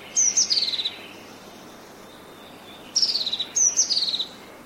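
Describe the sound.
Bird calling in bright, rapidly descending chirp series, one phrase at the start, then two more in quick succession later, with soft background hiss between.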